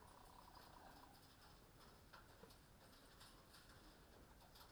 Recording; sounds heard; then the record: poultry house recording; sick chickens (respiratory disease)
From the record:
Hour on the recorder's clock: 20